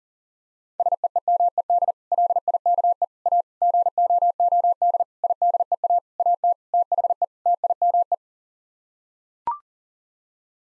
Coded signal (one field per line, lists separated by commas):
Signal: Morse code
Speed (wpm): 40 wpm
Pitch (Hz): 700 Hz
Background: none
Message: SEEMED LIKE A GOOD IDEA AT THE TIME